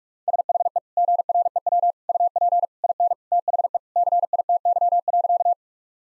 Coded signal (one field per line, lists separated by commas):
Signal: Morse code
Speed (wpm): 41 wpm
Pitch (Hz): 700 Hz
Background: none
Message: SHE GREW UP IN THE CITY.